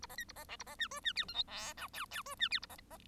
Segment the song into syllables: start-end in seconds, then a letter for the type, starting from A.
0.02-0.06 A, 0.09-0.16 B, 0.17-0.24 C, 0.28-0.32 A, 0.35-0.44 B, 0.48-0.56 D, 0.59-0.64 A, 0.66-0.75 B, 0.78-0.88 E, 0.91-1.00 F, 1.03-1.13 E, 1.16-1.25 G, 1.28-1.34 H, 1.34-1.44 I, 1.47-1.74 J, 1.77-1.88 K, 1.93-2.05 L, 2.11-2.22 L, 2.26-2.35 F, 2.39-2.48 E, 2.50-2.59 G, 2.62-2.66 A, 2.69-2.76 B, 2.90-2.98 B